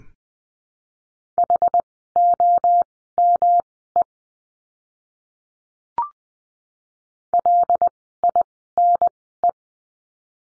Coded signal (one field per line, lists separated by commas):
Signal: Morse code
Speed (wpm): 19 wpm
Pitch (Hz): 700 Hz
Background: none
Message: HOME LINE